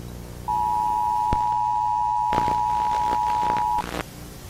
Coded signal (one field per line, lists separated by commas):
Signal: Emergency Alert System (SAME) tones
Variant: 853 and 960 Hz attention tone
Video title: 連邦生徒会 (GENERAL STUDENT COUNCIL) EAS Scenario 「Mysterious Character」 前編 #ブルーアーカイブ #easscenario